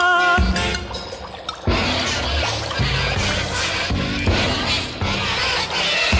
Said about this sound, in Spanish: Eran 10 acordeonistas que venían distraídos y por andar mirando al cielo se metieron en el río. Así sonaban sus acordeones bajo las aguas del Paraná.